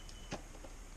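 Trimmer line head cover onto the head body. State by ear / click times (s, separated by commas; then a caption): not seated / none. The plastic cover of a Stihl FS450 brushcutter's Autocut 46-2 line head is being handled and pushed back onto the head body after new trimmer line has been fitted. Two short, sharp plastic taps come at about 0.1 s and 0.3 s, the second slightly louder, over a steady low background hum. Nothing has seated or clicked home yet.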